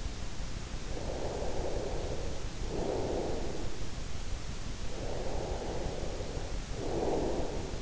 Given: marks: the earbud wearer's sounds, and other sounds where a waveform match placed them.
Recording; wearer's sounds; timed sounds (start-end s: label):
sounds in sleep by an in-ear microphone; breath
1.02-3.83 s: breath
4.95-7.82 s: breath